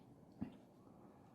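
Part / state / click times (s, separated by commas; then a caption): RAM module into laptop memory slot / not seated / none. A RAM module is held over a laptop memory slot and lined up straight, not tilted, so that it fits in the right position before insertion. A single short soft knock sounds at about 0.4 seconds over quiet background noise. Nothing has seated or clicked yet.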